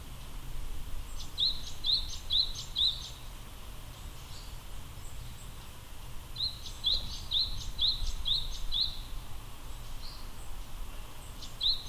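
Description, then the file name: Japanese tit song, bright high notes in a series of four and then a series of six, with another series starting at the end, over low background noise. Recorded at Akasaka on 2 March 2022. "sijuukara akasaka"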